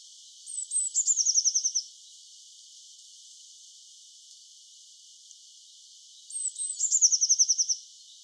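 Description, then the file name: Eurasian blue tit repeating its song twice: high, thin lead-in notes followed by a rapid trill, separated by about four and a half seconds of quiet. "Cyanistes caeruleus"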